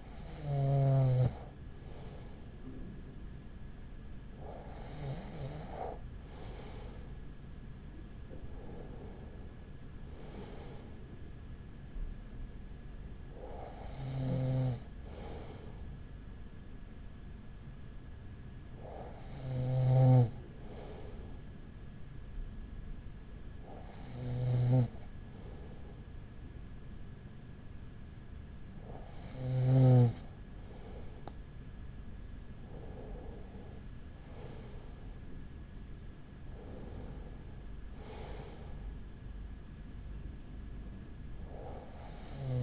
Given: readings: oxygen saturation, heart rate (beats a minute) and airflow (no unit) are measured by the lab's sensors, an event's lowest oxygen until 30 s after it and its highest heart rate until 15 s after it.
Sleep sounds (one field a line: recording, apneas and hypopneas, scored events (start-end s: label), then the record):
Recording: breathing in sleep by a smartphone at the bedside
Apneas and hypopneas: none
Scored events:
37.00-42.63 s: new sleep stage, N1 (lightest sleep)
From the record:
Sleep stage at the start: N2 (light sleep)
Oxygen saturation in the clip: 94 to 96%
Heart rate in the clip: 40 to 46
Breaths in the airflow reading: 9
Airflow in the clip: -5.9 to 6.0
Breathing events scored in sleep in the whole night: 207 in 7.6 hours asleep